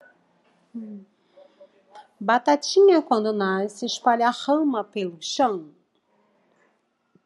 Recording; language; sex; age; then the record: short text; Brazilian Portuguese; female; 50 to 59 years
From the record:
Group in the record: control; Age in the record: 51 years